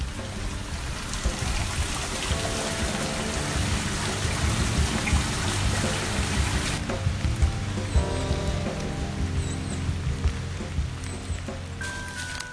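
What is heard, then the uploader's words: Steady, heavy rain falls throughout, a dense hiss with a low rumbling undertone and constant patter. The level stays even from start to end. Faint thin tones drift in the background in the second half, with a brief higher whistle near the end. Rain.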